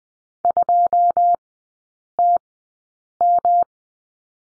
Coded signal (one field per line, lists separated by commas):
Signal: Morse code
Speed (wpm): 20 wpm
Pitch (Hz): 700 Hz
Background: none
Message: 2TM